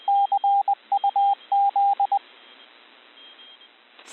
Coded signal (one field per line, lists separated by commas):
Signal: Morse code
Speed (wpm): 20 wpm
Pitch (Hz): 800 Hz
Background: radio noise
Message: CUZ